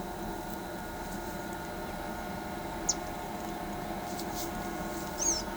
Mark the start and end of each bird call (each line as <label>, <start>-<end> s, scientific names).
Conirostrum leucogenys, 2.87-2.95 s
Conirostrum leucogenys, 5.18-5.41 s